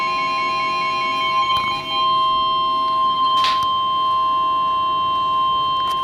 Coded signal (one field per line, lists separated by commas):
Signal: Emergency Alert System (SAME) tones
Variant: 1050 Hz attention tone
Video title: Severe T-Storm Warning [EAS #51] 7-4-12